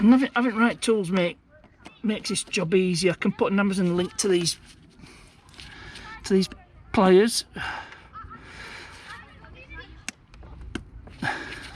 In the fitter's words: I can hear it clicking but it's not